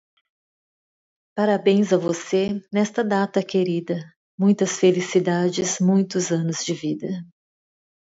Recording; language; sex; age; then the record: short text; Brazilian Portuguese; female; 50 to 59 years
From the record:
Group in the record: control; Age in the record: 53 years